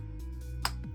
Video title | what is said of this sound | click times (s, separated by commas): Saberbay/Jimmy's Saber Junk 'Survivor' Crystal Chamber Install | we'll hear a click so twist and click | 0.7 s